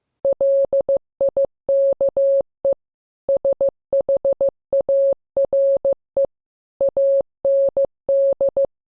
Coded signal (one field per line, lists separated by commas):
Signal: Morse code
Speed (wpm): 15 wpm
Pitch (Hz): 550 Hz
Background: none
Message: LIKE SHARE AND